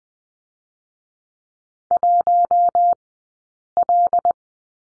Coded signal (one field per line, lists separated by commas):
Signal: Morse code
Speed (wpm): 20 wpm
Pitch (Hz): 700 Hz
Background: none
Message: 1L